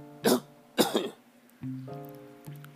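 A coughing attack from an adult: two harsh, forceful coughs in quick succession, the second with a double burst, over a steady low tonal background.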